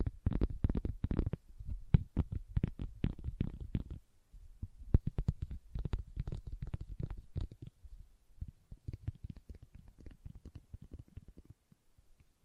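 Leather is tapped and scratched in quick, dense bursts of short dull knocks with a soft rubbing texture. The busiest stretch runs through the first four seconds, pauses briefly, then picks up again and thins toward the end.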